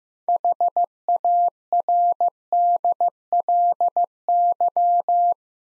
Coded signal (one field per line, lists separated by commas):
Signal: Morse code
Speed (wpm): 15 wpm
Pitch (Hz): 700 Hz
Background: none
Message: HARDLY